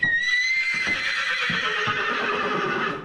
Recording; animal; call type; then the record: contact call of a hoofed animal; horse; whinny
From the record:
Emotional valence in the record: negative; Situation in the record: group separation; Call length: 3.1 s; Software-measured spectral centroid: 2320 Hz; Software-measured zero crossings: 3760 a second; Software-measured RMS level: -24 dBFS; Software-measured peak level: -10 dBFS